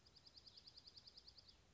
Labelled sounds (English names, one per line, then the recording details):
Dark-eyed Junco
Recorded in Sonoma County, California